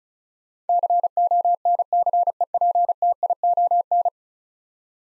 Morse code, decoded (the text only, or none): CONCEPTION